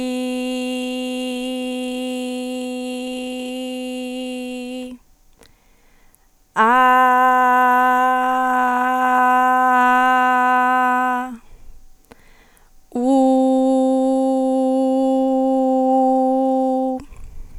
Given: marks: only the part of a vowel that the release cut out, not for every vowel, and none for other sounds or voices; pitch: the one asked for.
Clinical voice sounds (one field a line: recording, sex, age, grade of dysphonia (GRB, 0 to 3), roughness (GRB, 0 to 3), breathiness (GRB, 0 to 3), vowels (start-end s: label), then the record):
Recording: sustained vowels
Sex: female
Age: 20 to 29 years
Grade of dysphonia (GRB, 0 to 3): 0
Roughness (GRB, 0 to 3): 0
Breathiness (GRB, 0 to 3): 0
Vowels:
0.00-4.53 s: vowel /i/, normal pitch
6.74-11.13 s: vowel /a/, normal pitch
13.34-16.78 s: vowel /u/, normal pitch
From the record:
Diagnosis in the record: healthy voice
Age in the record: 23 years